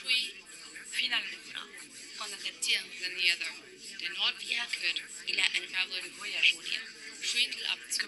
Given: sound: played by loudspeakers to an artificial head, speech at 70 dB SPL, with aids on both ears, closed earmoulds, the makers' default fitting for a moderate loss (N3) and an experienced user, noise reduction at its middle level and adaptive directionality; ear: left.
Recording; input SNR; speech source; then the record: speech test signal (ISTS) in cocktail-party noise; -3 dB; in front (0 degrees)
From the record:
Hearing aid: class 2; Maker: H